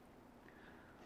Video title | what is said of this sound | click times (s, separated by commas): Making the Donut $10,000 K Swap Engine Harness (And how you can make one too!) | all right so it's locked in place then I'm going to reinsert the retainer this actually | 0.5 s